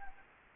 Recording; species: mosquito wingbeat signal from an infrared sensor; Anopheles gambiae